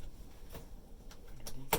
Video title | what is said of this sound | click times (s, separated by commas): VID_20190922_150502.mp4 | you just drop this down. These little snaps snap in place underneath | 1.7 s